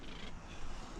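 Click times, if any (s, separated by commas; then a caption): none. Someone pushes open the push-out "click clack" window on a 2022 Adria Action caravan, whose stay arm rides toward a ratchet notch on the frame, against a steady low background rumble. Nothing has clicked or seated yet.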